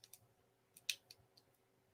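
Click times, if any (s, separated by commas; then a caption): 0.9 s. Someone presses the release on a switchblade and pushes the metal folding blade back into its handle until it locks shut. Small clicks and ticks come first, then one loud, sharp click at 0.9 s as the blade seats closed, followed by a few fainter clicks.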